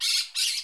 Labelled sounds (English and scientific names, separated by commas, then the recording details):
Brown-throated Parakeet (Eupsittula pertinax) contact call
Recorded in Curacao
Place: Hoffi Jan Thiel
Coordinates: 12.094, -68.877